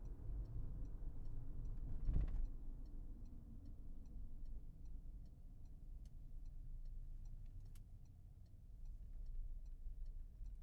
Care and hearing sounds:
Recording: everyday scene through a hearing-aid microphone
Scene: in a vehicle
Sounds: engine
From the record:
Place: Berlingo II, diesel engine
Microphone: behind the ear, left, rear

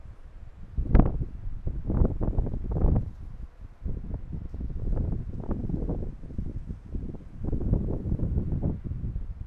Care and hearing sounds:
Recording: everyday scene through a hearing-aid microphone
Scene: wind on the microphone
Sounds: squally wind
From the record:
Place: parking lot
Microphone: behind the ear, right, front

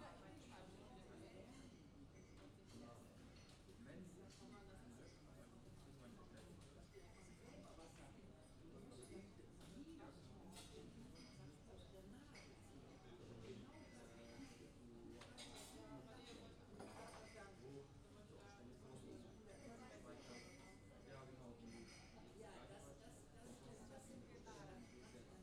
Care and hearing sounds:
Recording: everyday scene through a hearing-aid microphone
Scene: many people talking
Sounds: many voices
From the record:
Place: university cafeteria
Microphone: in the ear canal, left

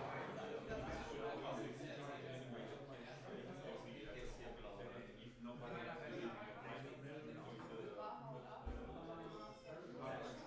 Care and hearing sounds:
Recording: everyday scene through a hearing-aid microphone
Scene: many people talking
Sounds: many voices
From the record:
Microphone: behind the ear, right, front

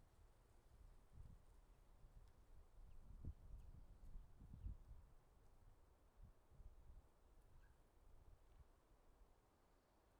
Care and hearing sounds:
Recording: everyday scene through a hearing-aid microphone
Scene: wind on the microphone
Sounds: wind, traffic, birds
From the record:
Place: suburban garden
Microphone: in the ear canal, left

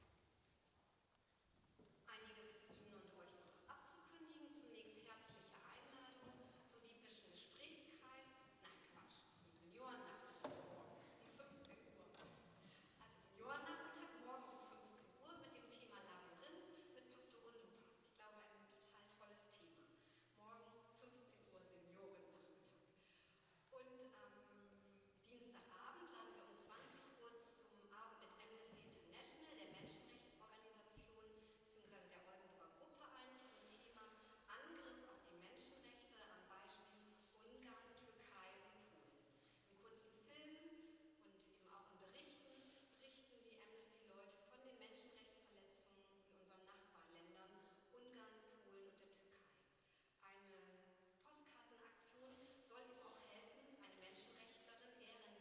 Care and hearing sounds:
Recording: everyday scene through a hearing-aid microphone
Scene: reverberant space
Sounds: speech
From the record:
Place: church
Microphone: in the ear canal, left

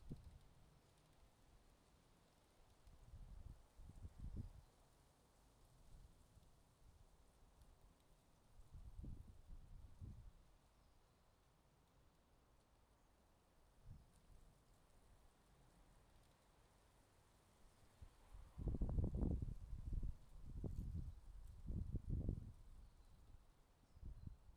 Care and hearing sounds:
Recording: everyday scene through a hearing-aid microphone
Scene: wind on the microphone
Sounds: wind, traffic, birds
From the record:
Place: suburban garden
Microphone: in the ear canal, left

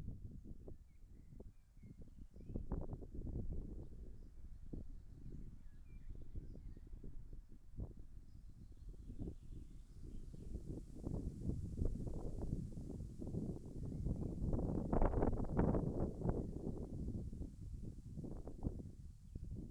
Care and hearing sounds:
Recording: everyday scene through a hearing-aid microphone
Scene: wind on the microphone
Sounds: wind, birds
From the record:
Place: in front of a rural house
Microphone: behind the ear, left, front

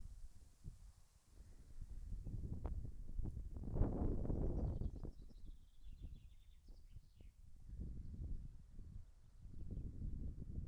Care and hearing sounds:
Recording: everyday scene through a hearing-aid microphone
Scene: wind on the microphone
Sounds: wind, birds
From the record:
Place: in front of a rural house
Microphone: behind the ear, left, rear

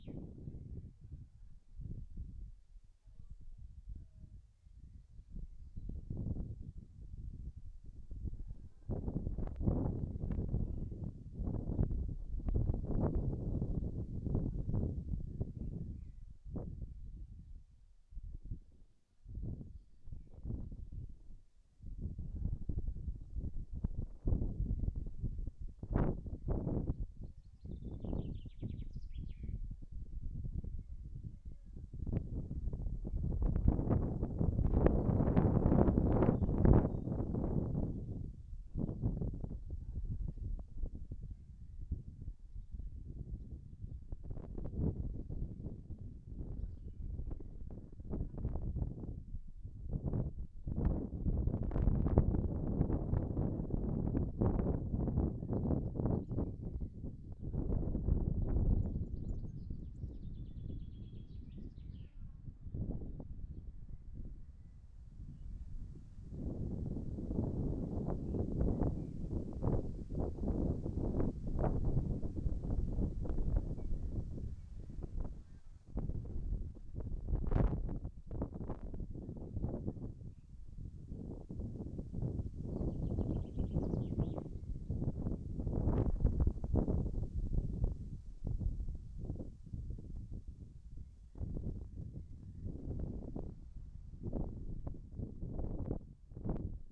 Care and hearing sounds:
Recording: everyday scene through a hearing-aid microphone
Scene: wind on the microphone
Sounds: wind, voices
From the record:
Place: in front of a rural house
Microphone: behind the ear, right, front

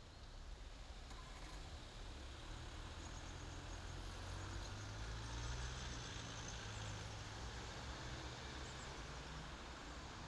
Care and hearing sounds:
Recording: everyday scene through a hearing-aid microphone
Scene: in traffic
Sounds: traffic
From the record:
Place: main city hub, rush hour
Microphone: in the ear canal, left

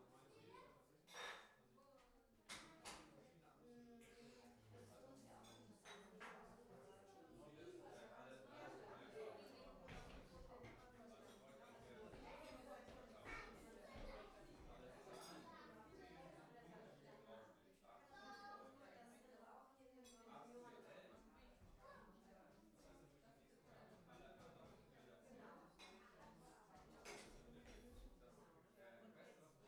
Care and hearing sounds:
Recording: everyday scene through a hearing-aid microphone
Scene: many people talking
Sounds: many voices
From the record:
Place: parish hall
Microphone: behind the ear, right, rear

